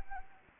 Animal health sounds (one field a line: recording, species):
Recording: mosquito wingbeat signal from an infrared sensor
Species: Anopheles gambiae